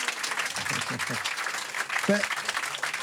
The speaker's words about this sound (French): mais d'ailleurs, des tonnerres d'applaudissements pour mon pote, mon frère depuis toujours